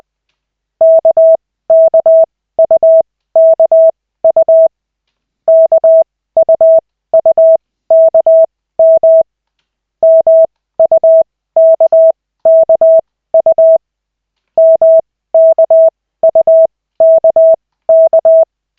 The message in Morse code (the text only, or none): KKUKU KUUKM MUKKU MKUKK